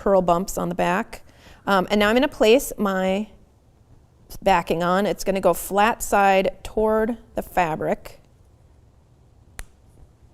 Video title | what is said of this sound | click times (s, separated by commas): Knitted Hedgehog Ornament | till you hear it click into place. | 9.6 s